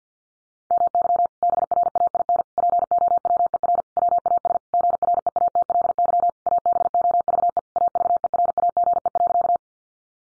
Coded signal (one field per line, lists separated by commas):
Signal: Morse code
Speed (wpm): 50 wpm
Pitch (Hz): 700 Hz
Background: none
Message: MY BRAIN POWER WAS GREATLY ABOVE AVERAGE.